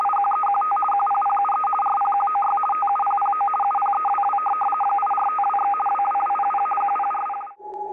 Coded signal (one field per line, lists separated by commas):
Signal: RTTY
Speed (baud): 50 baud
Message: IQEQT QPPUE RPQOY TUPPO UPEWW 8452/ WWWPP QPRP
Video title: DDK 2 Weather Service RTTY